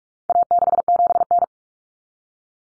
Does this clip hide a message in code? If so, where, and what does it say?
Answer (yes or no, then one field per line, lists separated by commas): yes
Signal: Morse code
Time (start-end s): 0.3-1.4 s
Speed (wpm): 44 wpm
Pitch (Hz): 700 Hz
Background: none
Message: A67N